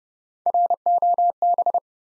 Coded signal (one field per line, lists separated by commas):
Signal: Morse code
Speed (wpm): 30 wpm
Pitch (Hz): 700 Hz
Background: none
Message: ROB